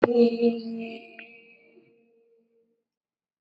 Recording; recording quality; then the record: sustained vowel as in made; excellent, no background noise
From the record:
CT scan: not taken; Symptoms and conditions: sore throat, muscle pain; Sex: female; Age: 21 years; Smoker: no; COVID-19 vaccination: both doses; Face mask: not worn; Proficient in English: yes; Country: India